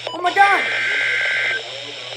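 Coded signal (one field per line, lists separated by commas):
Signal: Emergency Alert System (SAME) tones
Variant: header bursts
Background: speech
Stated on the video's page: Accidental winter storm watch sent three times by ILN.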